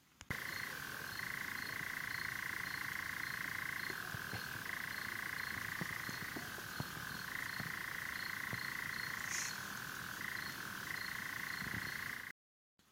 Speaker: il est assez simple de reconnaître le bruit caractéristique de l'engoulevent.